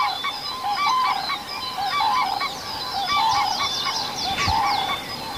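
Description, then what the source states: Common cranes calling with repeated trumpeting notes, while small birds sing in the background. Cranes calling at sunrise beside a sunlit reedbed with birches in Lohja, Finland, during a live dawn-chorus radio broadcast.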